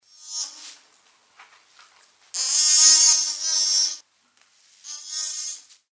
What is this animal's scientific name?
Kobus leche